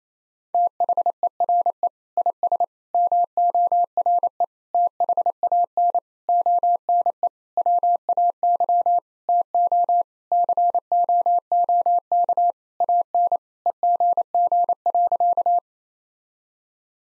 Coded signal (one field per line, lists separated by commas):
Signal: Morse code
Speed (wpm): 28 wpm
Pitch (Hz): 700 Hz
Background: none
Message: THERE IS MORE THAN ONE WAY TO COOK AN EGG.